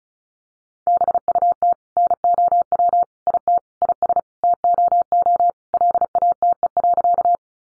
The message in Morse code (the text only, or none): BUT NOW IT IS TOO LATE.